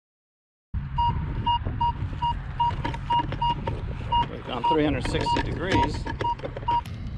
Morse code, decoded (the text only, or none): none